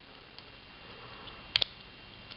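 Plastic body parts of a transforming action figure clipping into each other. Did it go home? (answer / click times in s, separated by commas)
yes / 1.6 s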